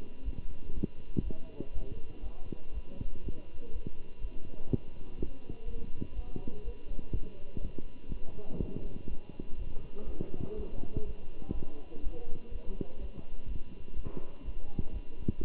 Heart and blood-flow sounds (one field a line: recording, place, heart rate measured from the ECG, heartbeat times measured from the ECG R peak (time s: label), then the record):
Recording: heart sounds by stethoscope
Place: between the tricuspid and mitral areas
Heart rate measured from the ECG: 123 bpm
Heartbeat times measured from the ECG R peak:
0.24 s: heartbeat
0.73 s: heartbeat
1.23 s: heartbeat
1.73 s: heartbeat
2.22 s: heartbeat
2.73 s: heartbeat
3.22 s: heartbeat
3.71 s: heartbeat
4.20 s: heartbeat
4.69 s: heartbeat
5.18 s: heartbeat
5.66 s: heartbeat
6.15 s: heartbeat
6.63 s: heartbeat
7.12 s: heartbeat
7.60 s: heartbeat
8.09 s: heartbeat
8.58 s: heartbeat
9.08 s: heartbeat
9.57 s: heartbeat
10.06 s: heartbeat
10.55 s: heartbeat
11.05 s: heartbeat
11.53 s: heartbeat
12.02 s: heartbeat
12.51 s: heartbeat
12.99 s: heartbeat
13.47 s: heartbeat
13.95 s: heartbeat
14.44 s: heartbeat
14.92 s: heartbeat
15.39 s: heartbeat
From the record:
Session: Bruce protocol treadmill stress test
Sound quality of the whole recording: good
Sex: male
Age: 23 years